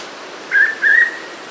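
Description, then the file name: Hooded pitta call: two clear whistled notes in quick succession, the second slightly longer, against a quiet background. "pitta sordida"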